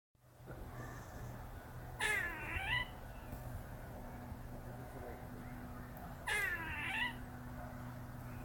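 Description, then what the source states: Gray squirrel calling, two harsh, wavering bursts about four seconds apart over a steady low hum. Made as the squirrel climbed to within about 6 feet of a barred owl perched over a trail, in a park next to the recordist's house.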